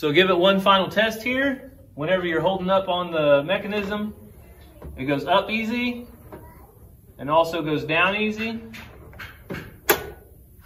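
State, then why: Seated. A wooden sliding chicken coop door is hand-tested along its two tracks while someone talks, then dropped so the automatic mechanism locks it. A loud thump at 9.9 s marks the door dropping and locking into place.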